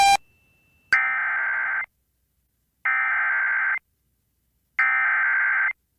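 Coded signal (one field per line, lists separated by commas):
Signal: Emergency Alert System (SAME) tones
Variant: header bursts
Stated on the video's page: EAS tones from NOAA Weather Radio, Northeast Ohio and Northern Pennsylvania, November storm.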